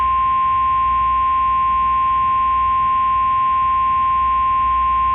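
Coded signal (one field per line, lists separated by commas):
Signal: Emergency Alert System (SAME) tones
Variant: 1050 Hz attention tone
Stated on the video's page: Fictional EAS scenario using valid EAS tones; the events are purely made up.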